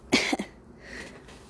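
An adult woman gives three short, harsh cough bursts in quick succession within half a second, followed by a quiet room. This is a smoker's cough, a recurring dry, rough cough linked to smoking, here while smoking cannabis; at times it sounds scary, as if possessed.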